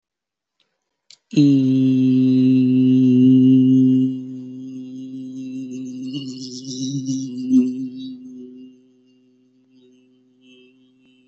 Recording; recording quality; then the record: sustained vowel as in beet; moderate, slight background noise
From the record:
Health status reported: healthy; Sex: male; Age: 24 years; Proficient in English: yes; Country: India